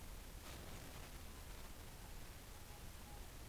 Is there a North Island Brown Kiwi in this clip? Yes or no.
no